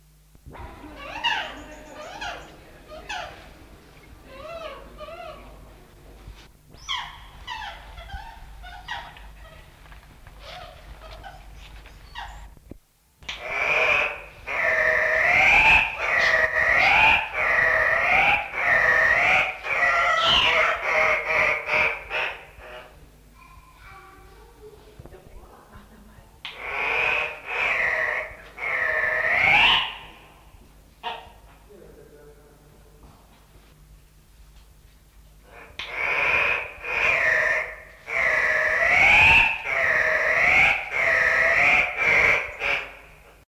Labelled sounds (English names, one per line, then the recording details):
Andean Cock-of-the-rock call
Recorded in captivity
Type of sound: call
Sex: pair
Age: adult
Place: Tiergarten Nürnberg, Bayern, DE
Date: 1970-10-03
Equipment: Halbspur, 9,5 cm/s
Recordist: Lütgens, Hans
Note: Die beiden ersten Reihen vermutlich vom Weibchen, dann der Hahn